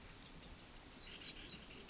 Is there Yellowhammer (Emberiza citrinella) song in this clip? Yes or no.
no